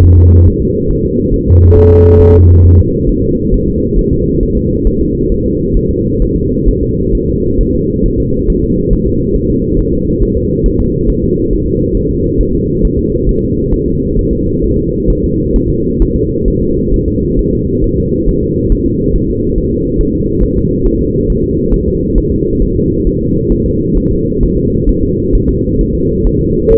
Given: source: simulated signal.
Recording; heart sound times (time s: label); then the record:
fetal heart sounds
0.04 s: S1
0.18 s: S2
0.48 s: S1
0.62 s: S2
0.91 s: S1
1.05 s: S2
1.34 s: S1
1.48 s: S2
1.77 s: S1
1.91 s: S2
2.20 s: S1
2.34 s: S2
2.65 s: S1
2.79 s: S2
3.09 s: S1
3.23 s: S2
3.54 s: S1
3.68 s: S2
3.99 s: S1
4.13 s: S2
4.43 s: S1
4.57 s: S2
4.87 s: S1
5.01 s: S2
5.32 s: S1
5.46 s: S2
5.77 s: S1
5.91 s: S2
6.22 s: S1
6.36 s: S2
6.69 s: S1
6.83 s: S2
7.15 s: S1
7.29 s: S2
7.61 s: S1
7.75 s: S2
8.06 s: S1
8.20 s: S2
8.50 s: S1
8.64 s: S2
8.93 s: S1
9.07 s: S2
9.36 s: S1
9.50 s: S2
9.79 s: S1
9.93 s: S2
10.23 s: S1
10.37 s: S2
10.66 s: S1
10.80 s: S2
11.10 s: S1
11.24 s: S2
11.53 s: S1
11.67 s: S2
11.97 s: S1
12.11 s: S2
12.41 s: S1
12.55 s: S2
12.85 s: S1
12.99 s: S2
13.29 s: S1
13.43 s: S2
13.74 s: S1
13.88 s: S2
14.19 s: S1
14.33 s: S2
14.64 s: S1
14.78 s: S2
15.10 s: S1
15.24 s: S2
15.56 s: S1
15.70 s: S2
16.02 s: S1
16.16 s: S2
16.48 s: S1
16.62 s: S2
16.94 s: S1
17.08 s: S2
17.39 s: S1
17.53 s: S2
17.84 s: S1
17.98 s: S2
18.29 s: S1
18.43 s: S2
18.72 s: S1
18.86 s: S2
19.16 s: S1
19.30 s: S2
19.58 s: S1
19.72 s: S2
20.01 s: S1
20.15 s: S2
20.44 s: S1
20.58 s: S2
20.86 s: S1
21.00 s: S2
21.30 s: S1
21.44 s: S2
21.74 s: S1
21.88 s: S2
22.18 s: S1
22.32 s: S2
22.62 s: S1
22.76 s: S2
23.07 s: S1
23.21 s: S2
23.52 s: S1
23.66 s: S2
23.97 s: S1
24.11 s: S2
24.43 s: S1
24.57 s: S2
24.89 s: S1
25.03 s: S2
25.35 s: S1
25.49 s: S2
25.81 s: S1
25.95 s: S2
26.27 s: S1
26.41 s: S2
26.72 s: S1
From the record:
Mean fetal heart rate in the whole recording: 135 bpm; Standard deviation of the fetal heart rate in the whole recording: 3 bpm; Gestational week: 36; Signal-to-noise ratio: -14.7 dB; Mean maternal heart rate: 72 bpm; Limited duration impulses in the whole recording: present